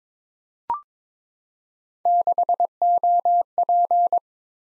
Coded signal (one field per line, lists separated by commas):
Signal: Morse code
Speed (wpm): 22 wpm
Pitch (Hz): 700 Hz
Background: none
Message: 6OP